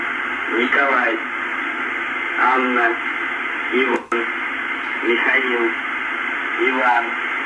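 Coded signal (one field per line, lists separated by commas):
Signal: coded military voice message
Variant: UVB-76, Russian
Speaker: and it goes on and on to give a series of names and numbers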